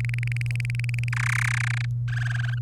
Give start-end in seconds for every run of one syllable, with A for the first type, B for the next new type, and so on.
0.00-1.09 A, 1.12-1.85 B, 2.08-2.59 C